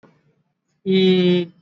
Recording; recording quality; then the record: sustained vowel as in beet; excellent, no background noise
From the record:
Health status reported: exposed to COVID-19, no respiratory illness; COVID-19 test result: not tested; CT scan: not taken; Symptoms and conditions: none ticked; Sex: male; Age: 20 years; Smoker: no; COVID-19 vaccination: both doses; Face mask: worn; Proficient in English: yes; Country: India